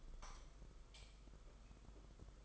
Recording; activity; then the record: daily activity, microphone in the room; light off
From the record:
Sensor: 5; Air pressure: 991.2 hPa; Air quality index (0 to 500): 107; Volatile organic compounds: 23 ppm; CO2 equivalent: 2774 ppm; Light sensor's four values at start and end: 19/48/19/21 and 18/43/17/19